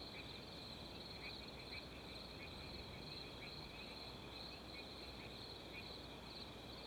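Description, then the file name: Crickets trill continuously with a few short chirps standing out, all set against steady wind noise. Wind in background. "Ambience Wind With Crickets 01"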